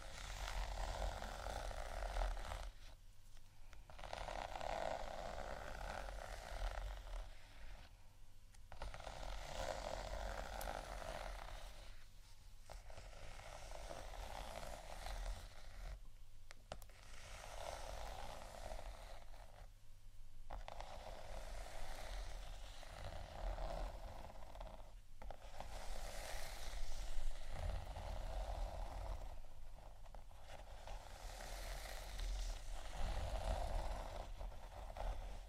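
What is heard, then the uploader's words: Dense, gritty scratching on a textured surface runs in long phrases, broken by brief pauses roughly every four seconds. A low, thudding beat pulses underneath throughout, and the scratching stays bright, swelling slightly louder toward the end. ASMR Scratch & Tap On Textured Items & Beat（No Talking）.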